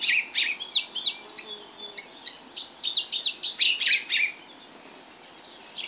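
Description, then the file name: African blue tit singing in dense bursts of high, sharp downslurred notes, tumbling phrases running together for about four seconds before fading to quieter scattered notes. Subspecies teneriffae. "Fernand DEROUSSEN - Afrikanskaya lazorevka Cyanistes caeruleus teneriffae"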